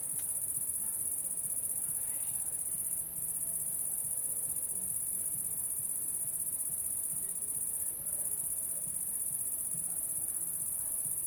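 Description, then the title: Cricket keeps up a steady shrill trill, briefly dipping twice, over low background rumble. Recorded at La Sablière, Saint-Privat-de-Champclos, France, with a Zoom H6 and M/S microphone. "30430 Saint-Privat-de-Champclos, France - cricket la sabliére"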